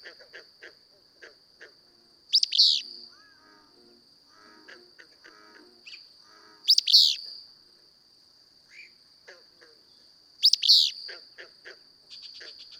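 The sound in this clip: Willow flycatcher song: three sneezy, buzzy two-part phrases roughly every four seconds, over a constant high insect whine and scattered soft chips from other birds.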